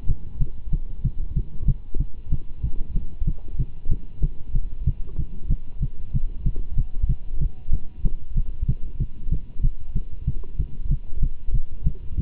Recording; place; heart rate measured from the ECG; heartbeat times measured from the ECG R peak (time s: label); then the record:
heart sounds by stethoscope; between the tricuspid and mitral areas; 189 bpm
0.07 s: heartbeat
0.39 s: heartbeat
0.71 s: heartbeat
1.03 s: heartbeat
1.35 s: heartbeat
1.67 s: heartbeat
1.99 s: heartbeat
2.31 s: heartbeat
2.62 s: heartbeat
2.94 s: heartbeat
3.26 s: heartbeat
3.58 s: heartbeat
3.90 s: heartbeat
4.22 s: heartbeat
4.54 s: heartbeat
4.86 s: heartbeat
5.17 s: heartbeat
5.49 s: heartbeat
5.81 s: heartbeat
6.13 s: heartbeat
6.45 s: heartbeat
6.76 s: heartbeat
7.08 s: heartbeat
7.40 s: heartbeat
7.72 s: heartbeat
8.03 s: heartbeat
8.35 s: heartbeat
8.67 s: heartbeat
8.99 s: heartbeat
9.30 s: heartbeat
9.62 s: heartbeat
9.94 s: heartbeat
10.26 s: heartbeat
10.58 s: heartbeat
10.90 s: heartbeat
11.21 s: heartbeat
11.53 s: heartbeat
11.85 s: heartbeat
12.16 s: heartbeat
From the record:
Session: Bruce protocol treadmill stress test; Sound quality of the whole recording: good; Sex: male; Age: 24 years